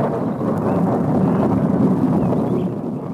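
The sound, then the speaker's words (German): A deep, rolling rumble of thunder that holds steady for about three seconds, a dense low roar with no sharp crack and no voices. “Aber ja, donnert's nur.”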